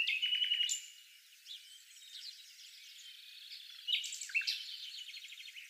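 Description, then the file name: Common nightingale singing: a clear whistled phrase, a quieter warbling stretch, then a rapid series of repeated chipping notes. "Luscinia megarhynchos"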